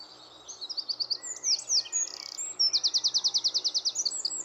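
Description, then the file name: Eurasian wren song: rapid high notes and a short buzzy trill, then a longer fast trill near the end. "Troglodytes troglodytes"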